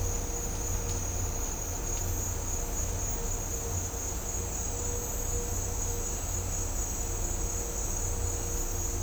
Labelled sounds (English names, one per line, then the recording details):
none
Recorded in dense forest near Puerto Asís, Putumayo, Colombia, on 26 December 2024 at 07:30
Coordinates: 0.503, -76.323
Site G043